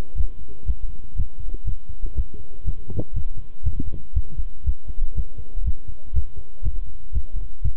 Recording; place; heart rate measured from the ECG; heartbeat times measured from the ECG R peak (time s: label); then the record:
heart sounds by stethoscope; between the tricuspid and mitral areas; 121 bpm
0.17 s: heartbeat
0.67 s: heartbeat
1.17 s: heartbeat
1.66 s: heartbeat
2.16 s: heartbeat
2.66 s: heartbeat
3.15 s: heartbeat
3.65 s: heartbeat
4.15 s: heartbeat
4.66 s: heartbeat
5.16 s: heartbeat
5.66 s: heartbeat
6.15 s: heartbeat
6.64 s: heartbeat
7.14 s: heartbeat
7.64 s: heartbeat
From the record:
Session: walking at 3.7 km/h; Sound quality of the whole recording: good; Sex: male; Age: 25 years